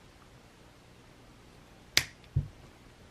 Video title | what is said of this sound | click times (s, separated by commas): Lego Brick Headz - Boba Fett - Merry Vlogmas Day 12! | snapped into place so | 2.0 s